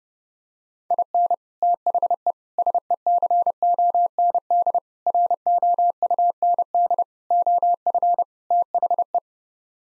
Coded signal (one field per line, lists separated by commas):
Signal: Morse code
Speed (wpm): 30 wpm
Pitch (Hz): 700 Hz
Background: none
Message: IN THE SECOND ROUND OF THE